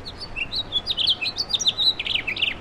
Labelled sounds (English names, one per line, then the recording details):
House Finch song
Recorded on Long Island, New York, on 17 May 2012
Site AB
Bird C